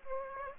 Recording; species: mosquito wingbeat signal from an infrared sensor; Aedes aegypti